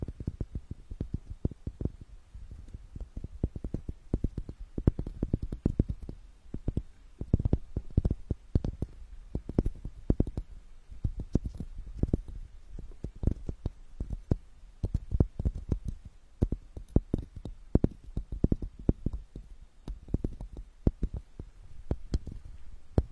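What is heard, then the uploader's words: Wood is tapped gently and steadily, a dense run of soft, low knocks coming several times a second. Gently beat the wood, asMr is crispy.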